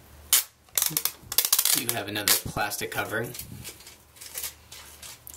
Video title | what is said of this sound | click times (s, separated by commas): Samsung Behold II (2) Unboxing & Hands-on | while it's doing that will get the back back on just slide it on clicks into place you | 0.3 s, 0.8 s, 1.1 s, 1.4 s, 1.5 s